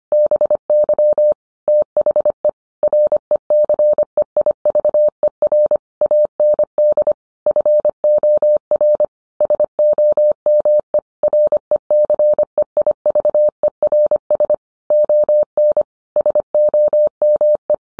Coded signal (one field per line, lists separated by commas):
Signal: Morse code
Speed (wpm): 25 wpm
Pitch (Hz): 600 Hz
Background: none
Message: BY THE RECEIVER AND FOR SOME RECEIVERS ON SOME